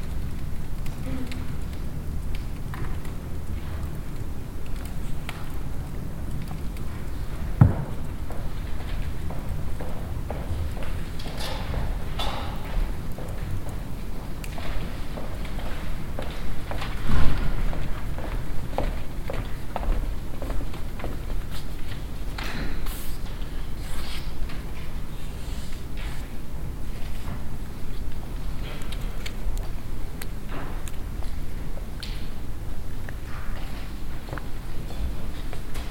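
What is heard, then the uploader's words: A walk through the rooms of a large museum, filled with a steady low hum and a soft murmur of voices. Scattered clicks, knocks and footsteps stand out now and then, with a louder thump around seventeen seconds. Museo Reina Sofía, Madrid. This piece was the result of an individual "sound drift" through different spaces of Madrid's Reina Sofía Museum.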